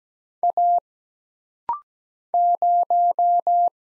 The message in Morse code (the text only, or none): A 0